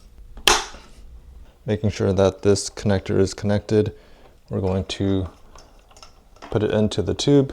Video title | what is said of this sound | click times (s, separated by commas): $399.99* Modern Commuter Electric Scooter - Ecoroad ET6 Unboxing, Settings, Test Ride & Review | until it clicks. | 0.5 s